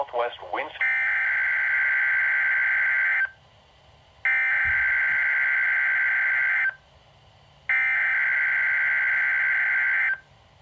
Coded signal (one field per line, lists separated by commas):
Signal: Emergency Alert System (SAME) tones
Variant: header bursts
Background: speech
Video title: EAS 146 KIH35 RWT